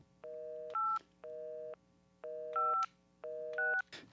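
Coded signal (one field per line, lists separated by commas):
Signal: DTMF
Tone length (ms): 250 ms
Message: 8 56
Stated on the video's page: Modified vintage telephone built as an interactive prop for a TV premiere event.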